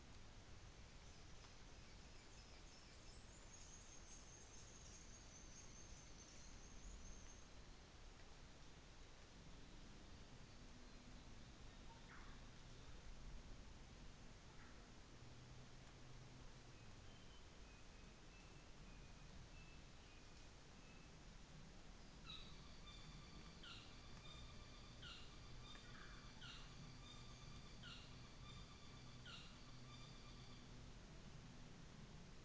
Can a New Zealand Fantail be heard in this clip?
yes